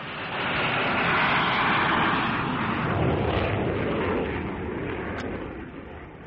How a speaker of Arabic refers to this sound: يا أنا قلبي اتخلع عني بمجرد الطيارة ما ارتفعت عن الأرض.